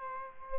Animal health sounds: mosquito wingbeat signal from an infrared sensor; Aedes aegypti

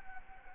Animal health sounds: mosquito wingbeat signal from an infrared sensor; Anopheles gambiae

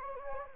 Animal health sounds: mosquito wingbeat signal from an infrared sensor; Anopheles gambiae

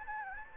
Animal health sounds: mosquito wingbeat signal from an infrared sensor; Anopheles gambiae

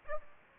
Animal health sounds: mosquito wingbeat signal from an infrared sensor; Aedes aegypti

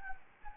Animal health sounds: mosquito wingbeat signal from an infrared sensor; Anopheles gambiae

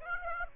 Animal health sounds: mosquito wingbeat signal from an infrared sensor; Aedes aegypti

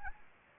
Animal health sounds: mosquito wingbeat signal from an infrared sensor; Anopheles gambiae

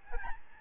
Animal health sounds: mosquito wingbeat signal from an infrared sensor; Aedes albopictus

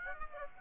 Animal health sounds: mosquito wingbeat signal from an infrared sensor; Aedes aegypti

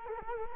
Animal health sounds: mosquito wingbeat signal from an infrared sensor; Culex quinquefasciatus

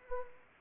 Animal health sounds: mosquito wingbeat signal from an infrared sensor; Anopheles arabiensis

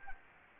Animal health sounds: mosquito wingbeat signal from an infrared sensor; Anopheles arabiensis

